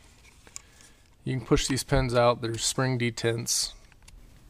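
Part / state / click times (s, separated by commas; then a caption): trigger pin in pistol frame detent / not seated / none. A trigger pin is being handled in a polymer pistol frame while a PRP EXTREME trigger kit is installed. The pin is meant to be pushed partway out until it clicks into its spring detent. Someone talks over a few faint ticks, and nothing has clicked into place yet.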